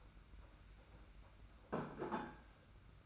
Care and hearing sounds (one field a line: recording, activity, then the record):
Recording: daily activity, microphone in the room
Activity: place plate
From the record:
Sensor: 2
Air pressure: 991.6 hPa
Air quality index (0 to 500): 187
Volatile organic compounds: 1000 ppm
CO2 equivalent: 6139 ppm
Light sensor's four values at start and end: 27/85/33/31 and 25/81/31/30